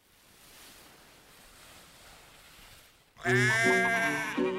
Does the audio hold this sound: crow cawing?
no